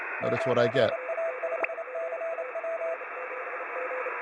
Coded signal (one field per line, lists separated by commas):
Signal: Morse code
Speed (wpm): 27 wpm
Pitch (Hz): 660 Hz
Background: speech, radio noise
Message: 9A5CW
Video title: N7JI radio class 2023-06-28 day 3